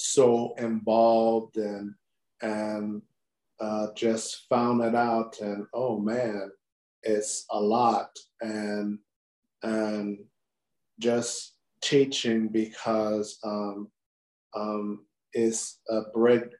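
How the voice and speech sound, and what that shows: Adult male stroke survivor with aphasia. Speech is non-fluent, with frequent pauses, fillers such as "um" and "uh", repeated words ("and and"), and a word-finding error, saying "bread" in place of "branch".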